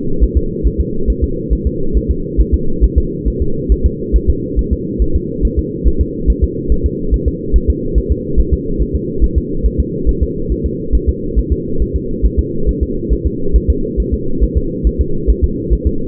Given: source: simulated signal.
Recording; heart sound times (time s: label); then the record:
fetal heart sounds
0.23 s: S1
0.37 s: S2
0.67 s: S1
0.80 s: S2
1.10 s: S1
1.24 s: S2
1.53 s: S1
1.67 s: S2
1.97 s: S1
2.10 s: S2
2.40 s: S1
2.54 s: S2
2.84 s: S1
2.98 s: S2
3.28 s: S1
3.42 s: S2
3.72 s: S1
3.86 s: S2
4.16 s: S1
4.29 s: S2
4.59 s: S1
4.73 s: S2
5.02 s: S1
5.16 s: S2
5.45 s: S1
5.59 s: S2
5.88 s: S1
6.01 s: S2
6.30 s: S1
6.44 s: S2
6.72 s: S1
6.86 s: S2
7.14 s: S1
7.28 s: S2
7.56 s: S1
7.70 s: S2
7.98 s: S1
8.11 s: S2
8.40 s: S1
8.53 s: S2
8.82 s: S1
8.95 s: S2
9.24 s: S1
9.38 s: S2
9.66 s: S1
9.80 s: S2
10.09 s: S1
10.23 s: S2
10.52 s: S1
10.66 s: S2
10.95 s: S1
11.09 s: S2
11.39 s: S1
11.52 s: S2
11.82 s: S1
11.96 s: S2
12.25 s: S1
12.39 s: S2
12.69 s: S1
12.83 s: S2
13.13 s: S1
13.26 s: S2
13.56 s: S1
13.70 s: S2
14.00 s: S1
14.14 s: S2
14.44 s: S1
14.57 s: S2
14.87 s: S1
15.01 s: S2
15.30 s: S1
15.44 s: S2
15.73 s: S1
15.87 s: S2
From the record:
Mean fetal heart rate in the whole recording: 140 bpm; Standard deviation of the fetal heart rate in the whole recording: 2 bpm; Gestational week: 34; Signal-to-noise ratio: -8.1 dB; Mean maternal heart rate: 72 bpm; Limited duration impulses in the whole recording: absent